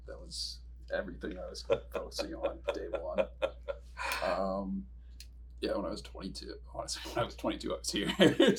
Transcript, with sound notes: That was everything I was focusing on day one.
*laughs*
Yeah, when I was 22, honestly, when I was 22, I was here.